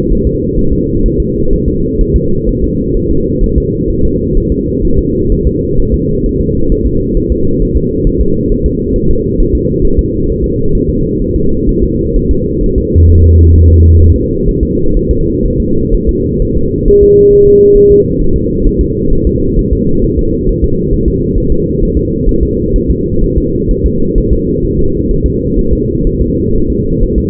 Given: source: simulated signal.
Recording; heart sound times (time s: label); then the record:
fetal heart sounds
0.12 s: S1
0.27 s: S2
0.59 s: S1
0.73 s: S2
1.06 s: S1
1.20 s: S2
1.53 s: S1
1.68 s: S2
2.01 s: S1
2.16 s: S2
2.49 s: S1
2.64 s: S2
2.97 s: S1
3.11 s: S2
3.44 s: S1
3.58 s: S2
3.90 s: S1
4.05 s: S2
4.37 s: S1
4.52 s: S2
4.85 s: S1
4.99 s: S2
5.32 s: S1
5.47 s: S2
5.79 s: S1
5.94 s: S2
6.26 s: S1
6.41 s: S2
6.72 s: S1
6.86 s: S2
7.17 s: S1
7.32 s: S2
7.62 s: S1
7.77 s: S2
8.07 s: S1
8.21 s: S2
8.52 s: S1
8.66 s: S2
8.96 s: S1
9.11 s: S2
9.40 s: S1
9.55 s: S2
9.85 s: S1
9.99 s: S2
10.29 s: S1
10.44 s: S2
10.75 s: S1
10.89 s: S2
11.22 s: S1
11.36 s: S2
11.69 s: S1
11.83 s: S2
12.16 s: S1
12.31 s: S2
12.63 s: S1
12.78 s: S2
13.10 s: S1
13.24 s: S2
13.56 s: S1
13.70 s: S2
14.02 s: S1
14.16 s: S2
14.48 s: S1
14.63 s: S2
14.96 s: S1
15.11 s: S2
15.45 s: S1
15.60 s: S2
15.94 s: S1
16.09 s: S2
16.42 s: S1
16.57 s: S2
16.88 s: S1
17.03 s: S2
17.33 s: S1
17.47 s: S2
17.77 s: S1
17.91 s: S2
18.21 s: S1
18.36 s: S2
18.66 s: S1
18.81 s: S2
19.12 s: S1
19.27 s: S2
19.59 s: S1
19.73 s: S2
20.04 s: S1
20.19 s: S2
20.49 s: S1
20.64 s: S2
20.93 s: S1
21.08 s: S2
21.38 s: S1
21.52 s: S2
21.83 s: S1
21.97 s: S2
22.29 s: S1
22.43 s: S2
22.76 s: S1
22.90 s: S2
23.24 s: S1
23.38 s: S2
23.71 s: S1
23.86 s: S2
24.18 s: S1
24.32 s: S2
24.64 s: S1
24.79 s: S2
25.11 s: S1
25.26 s: S2
25.59 s: S1
25.73 s: S2
26.07 s: S1
26.21 s: S2
26.55 s: S1
26.70 s: S2
27.03 s: S1
27.18 s: S2
From the record:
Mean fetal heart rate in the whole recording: 130 bpm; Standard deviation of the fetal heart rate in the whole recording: 4 bpm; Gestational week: 38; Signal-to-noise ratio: -16.4 dB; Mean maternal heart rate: 72 bpm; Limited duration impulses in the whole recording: present